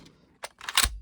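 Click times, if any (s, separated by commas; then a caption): 0.8 s. After the empty BH Best Arms BA-312-PG 12 gauge shotgun is dry-fired, its metal bolt handle is pulled back. A faint tick and a short scrape lead into a rising metallic rattle. The bolt catches and locks open with a loud metallic click at 0.8 s, followed by a low thud.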